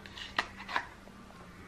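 Someone handles the plastic top cover of an air freshener unit as it is brought onto the base that holds the refill, producing a faint tick near 0.1 s and two sharp plastic taps at about 0.4 s and 0.8 s over a low steady hum. The cover has not snapped on yet; nothing has seated or clicked by the end of the clip.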